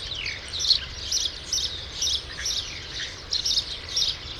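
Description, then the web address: Sparrow chirps, rapid high notes in uneven clusters about twice a second, over a faint hiss. "True sparrows. صدای-پرنده-راستین"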